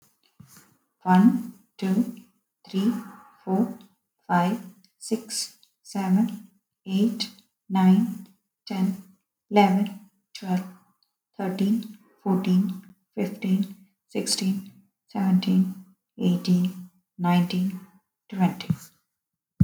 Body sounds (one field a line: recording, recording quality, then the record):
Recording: counting at a normal pace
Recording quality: excellent, no background noise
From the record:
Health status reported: healthy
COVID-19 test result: not tested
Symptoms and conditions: none ticked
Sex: female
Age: 38 years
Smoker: not ticked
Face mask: not worn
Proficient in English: yes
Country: India